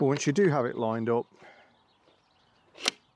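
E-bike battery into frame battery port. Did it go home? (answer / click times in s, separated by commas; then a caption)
yes / 2.9 s. A removable battery for a DYU T1 folding magnesium e-bike slides down a dovetail rail into the frame's battery port. Someone talks at the start, then after a quiet pause, a single sharp, loud hit sounds at 2.9 s as the battery latches and locks into the frame, requiring a key to release.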